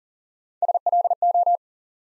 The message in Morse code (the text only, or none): SLO